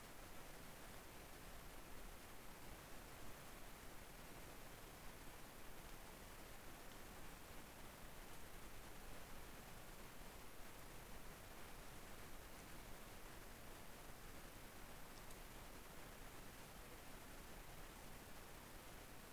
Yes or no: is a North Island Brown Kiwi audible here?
no